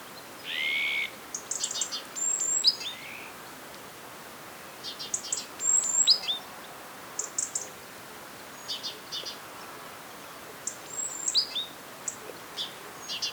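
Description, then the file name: Great tit calls: many high short chirps and thin notes in clusters throughout, with one lower harsh buzz at the start and background hiss. "Parus major"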